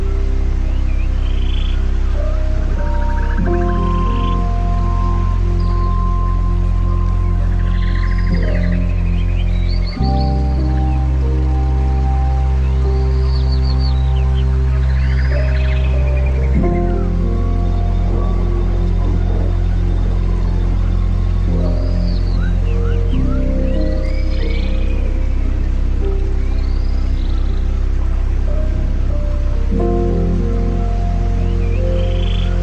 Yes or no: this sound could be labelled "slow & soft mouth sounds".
no